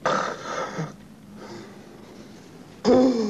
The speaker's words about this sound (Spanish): Cheswick duerme, una mano le tapona la nariz. Es Mac que le interrumpe el ronquido.